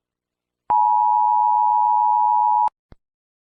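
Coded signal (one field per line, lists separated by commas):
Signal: Emergency Alert System (SAME) tones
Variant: 853 and 960 Hz attention tone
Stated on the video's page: Fictional EAS scenario.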